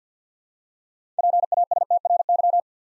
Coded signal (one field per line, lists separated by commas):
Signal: Morse code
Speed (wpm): 50 wpm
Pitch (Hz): 700 Hz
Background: none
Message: PASTRY